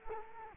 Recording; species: mosquito wingbeat signal from an infrared sensor; Culex quinquefasciatus